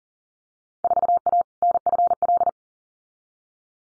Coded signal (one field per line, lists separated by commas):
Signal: Morse code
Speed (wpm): 42 wpm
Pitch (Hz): 700 Hz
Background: none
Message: 4A NFL